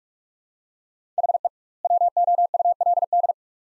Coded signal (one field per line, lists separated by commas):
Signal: Morse code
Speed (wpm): 46 wpm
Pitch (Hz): 700 Hz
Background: none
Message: HE WOULD